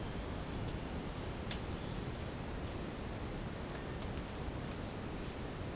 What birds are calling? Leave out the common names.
none